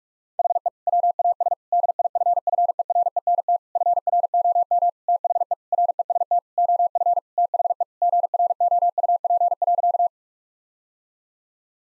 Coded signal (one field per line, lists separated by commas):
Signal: Morse code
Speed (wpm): 41 wpm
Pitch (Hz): 700 Hz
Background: none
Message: HE WAS DIFFERENT FROM THE REST OF THE GROUP.